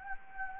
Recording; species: mosquito wingbeat signal from an infrared sensor; Anopheles gambiae